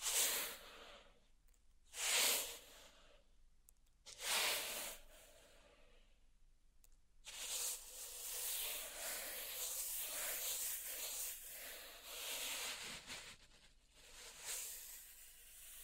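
Pink salt is raked and brushed in a zen garden, making bright, gritty swishes. Short separate strokes come around the first four seconds with quiet gaps between, then from about seven seconds the scraping turns nearly continuous, swelling and easing in gentle waves.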